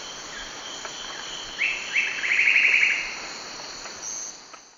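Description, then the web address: Brown-rumped foliage-gleaner calling with two sharp notes followed by a rapid chattering rattle, set against constant high-pitched insect drone. Eastern lowlands of South America. "Natures Songs S America Eastern Lowlands. Brown-rumped Foliage-gleaner"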